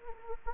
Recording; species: mosquito wingbeat signal from an infrared sensor; Anopheles gambiae